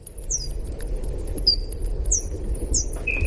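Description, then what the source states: Bat echolocation calls, rendered audible, as brief high downward-sweeping chirps, several in quick succession, with a lower steady tone near the end over a low rumble. Ultrasonic echolocation calls used to find their way in space, captured with small bat-detector devices; several calls with two notes, sounding like lightsabers; not audible to the naked ear.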